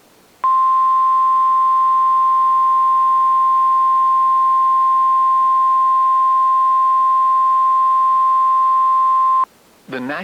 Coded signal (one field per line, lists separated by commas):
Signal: Emergency Alert System (SAME) tones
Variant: 1050 Hz attention tone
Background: speech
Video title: (EAS#2) TORNADO WARNING (2/27/2024)